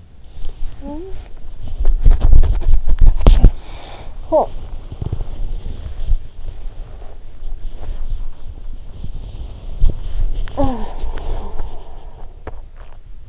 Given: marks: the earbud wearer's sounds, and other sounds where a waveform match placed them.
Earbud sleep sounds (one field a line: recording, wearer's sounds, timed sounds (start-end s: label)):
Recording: sounds in sleep by an in-ear microphone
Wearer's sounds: body movement, talking in sleep, swallowing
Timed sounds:
0.00-13.29 s: body movement
0.81-1.35 s: talking in sleep
4.30-4.70 s: talking in sleep
6.93-8.09 s: swallowing
10.47-11.44 s: talking in sleep
12.09-13.14 s: swallowing